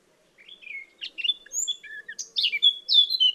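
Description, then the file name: Eurasian blackcap singing a quick jumble of chattering and clear whistled notes that grows louder toward the end. "Sylvia atricapilla"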